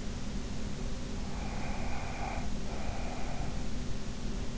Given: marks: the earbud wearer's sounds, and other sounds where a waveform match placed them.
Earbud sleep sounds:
sounds in sleep by an in-ear microphone; breath
1.18-3.78 s: breath

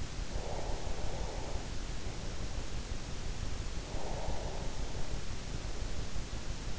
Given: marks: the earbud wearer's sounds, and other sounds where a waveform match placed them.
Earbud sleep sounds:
sounds in sleep by an in-ear microphone; breath
0.29-2.41 s: breath
3.85-6.08 s: breath

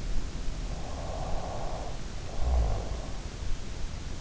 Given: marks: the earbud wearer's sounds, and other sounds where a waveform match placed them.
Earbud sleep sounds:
sounds in sleep by an in-ear microphone; snoring breath
0.60-3.31 s: snoring breath

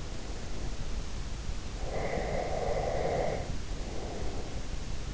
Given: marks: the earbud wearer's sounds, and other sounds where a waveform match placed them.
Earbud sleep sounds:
sounds in sleep by an in-ear microphone; breath
1.71-4.75 s: breath

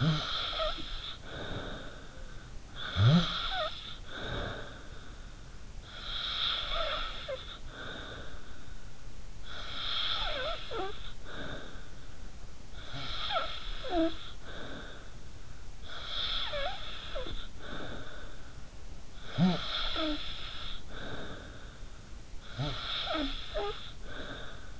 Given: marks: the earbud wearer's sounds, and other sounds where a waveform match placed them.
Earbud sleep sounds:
sounds in sleep by an in-ear microphone; snoring breath
0.00-24.80 s: snoring breath

